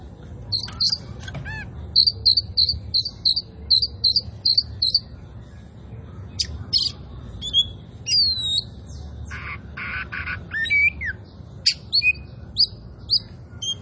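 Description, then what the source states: Oriental magpie-robin in varied song: a rapid string of bright high chirps, then looping whistles, harsh buzzy notes and more sharp chirps. Local Indonesian name kacer poci; described as gacor, singing vigorously.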